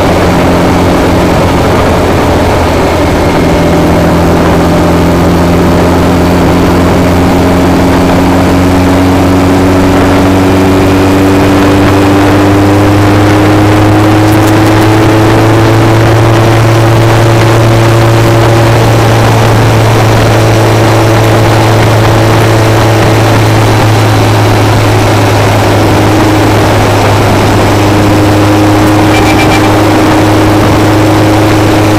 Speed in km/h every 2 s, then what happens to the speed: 81, 77, 76, 82, 85, 90, 97, 103, 105, 106, 100, 97, 95, 93, 95, 93.
4-17 speeds up to 106. 17-25 slows to 93. 25-32 steady at about 93.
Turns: none.